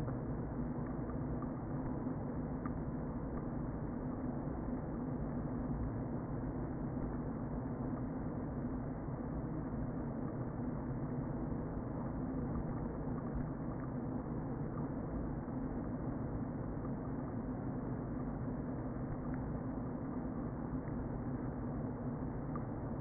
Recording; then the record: honeybee colony, microphone inside the hive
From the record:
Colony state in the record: queen present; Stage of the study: before two queens were removed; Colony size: about 60,000 bees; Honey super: yes